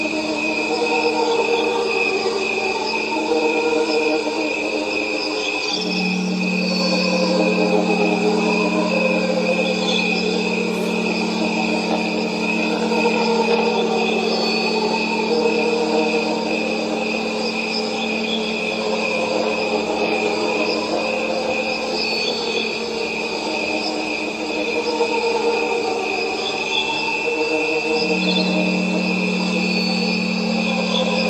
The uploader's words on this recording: Aura Shedding Meditation with Crickets and Tuning Forks. The sounds of Crickets along with several layers of tuning forks.